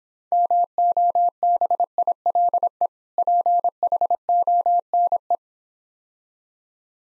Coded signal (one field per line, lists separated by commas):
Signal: Morse code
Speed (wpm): 26 wpm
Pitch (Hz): 700 Hz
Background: none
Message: MOBILE PHONE